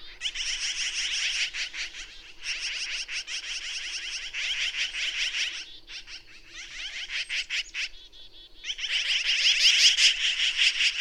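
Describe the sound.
Bird song: long, dense phrases of rapid, scratchy chattering notes, broken by short pauses, with the final phrase loudest.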